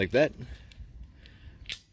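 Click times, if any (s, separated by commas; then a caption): 1.7 s. Someone talks briefly while the plastic locking cover on a wiper blade adapter is pressed down over the J-hook of the wiper arm on an Acura TL. After two faint ticks at 0.7 and 1.3 seconds, a sharp snap comes at 1.7 seconds as the cover locks into place and the blade is seated.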